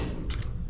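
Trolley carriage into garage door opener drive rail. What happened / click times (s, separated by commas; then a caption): The trolley carriage re-engaged with the drive / 0.3 s, 0.4 s. The trolley carriage of a Genie garage door opener is pushed toward the door so it re-engages with the drive rail. Two soft thumps or clicks are heard at 0.3 s and 0.4 s over a steady low background hum. The carriage is confirmed engaged.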